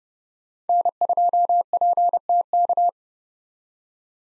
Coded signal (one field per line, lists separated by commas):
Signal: Morse code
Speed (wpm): 38 wpm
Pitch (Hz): 700 Hz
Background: none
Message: N2PTK